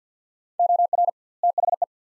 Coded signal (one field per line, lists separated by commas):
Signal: Morse code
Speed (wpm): 50 wpm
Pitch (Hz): 700 Hz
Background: none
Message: OR THE